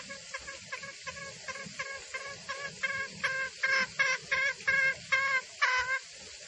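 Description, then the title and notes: Junglefowl clucking calls: short harmonic notes repeated quickly, about two or three each second, growing louder toward the end. Junglefowl call used as a lure for trapping in the forest; the titles call it both a female and a male junglefowl call. "Pancingan Suara Ayam Hutan Betina. Suara ayam hutan jantan buat masteran pikat di hutan. Pemikat Ayam Hutan"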